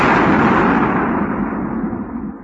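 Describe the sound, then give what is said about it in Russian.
A loud explosion from an old tin mug half-filled with gunpowder, its top flattened with a stone, thrown into a small campfire, sending smoke and fire about five metres up and scattering branches: a heavy, booming blast that rolls on as a deep rumbling roar and slowly fades over a couple of seconds, with no voices. “Грянуло крепко, дым и огонь взметнулись метров на пять, а ветки раскидало по всей площадке.”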